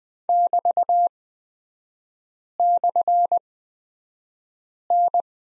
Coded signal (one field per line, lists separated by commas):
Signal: Morse code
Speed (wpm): 20 wpm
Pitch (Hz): 700 Hz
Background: none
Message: <BT>/N